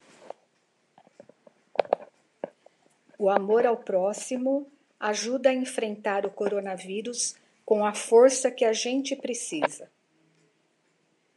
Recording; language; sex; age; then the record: spoken sentence; Brazilian Portuguese; female; 60 to 69 years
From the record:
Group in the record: control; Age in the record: 63 years